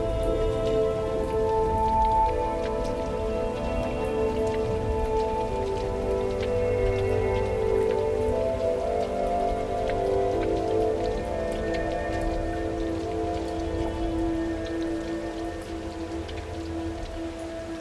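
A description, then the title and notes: Rain falls outside a window in a steady, dense patter, with scattered sharper drops tapping. Beneath it runs a low, constant rumble, and faint sustained tones drift through the middle range, staying even across the whole stretch. Rain Outside the Window Tonight.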